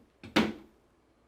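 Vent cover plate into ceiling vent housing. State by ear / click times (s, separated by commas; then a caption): seated / 0.4 s. A plastic cover plate from a Solatube bathroom vent kit is pushed up into its ceiling vent housing. A soft knock at 0.2 s is followed by a sharp, loud snap at 0.4 s that rings out and fades over a few tenths of a second as the plate seats in the housing.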